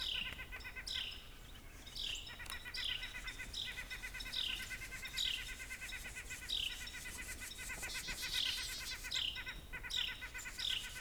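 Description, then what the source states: White-breasted nuthatch calls, nasal descending notes repeated roughly once a second over steady background noise. Eastern population.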